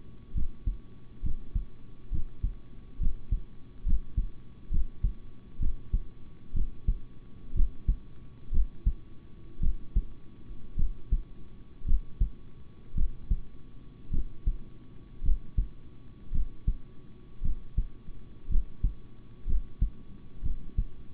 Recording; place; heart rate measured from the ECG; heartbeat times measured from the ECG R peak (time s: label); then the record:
heart sounds by stethoscope; between the tricuspid and mitral areas; 60 bpm
0.34 s: heartbeat
1.22 s: heartbeat
2.11 s: heartbeat
2.99 s: heartbeat
3.85 s: heartbeat
4.70 s: heartbeat
5.59 s: heartbeat
6.53 s: heartbeat
7.54 s: heartbeat
8.51 s: heartbeat
9.60 s: heartbeat
10.76 s: heartbeat
11.85 s: heartbeat
12.94 s: heartbeat
14.10 s: heartbeat
15.22 s: heartbeat
16.31 s: heartbeat
17.42 s: heartbeat
18.48 s: heartbeat
19.46 s: heartbeat
20.42 s: heartbeat
From the record:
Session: rest, sitting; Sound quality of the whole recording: good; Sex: male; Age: 26 years